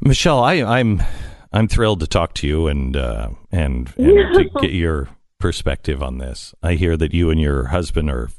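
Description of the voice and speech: A single adult with a fairly low voice speaks clearly and warmly at a conversational pace, with lively pitch movement. Apart from one brief everyday repeat of "and," the speech is fluent, with ordinary voice quality and crisp consonants. This is normal speech with no disorder.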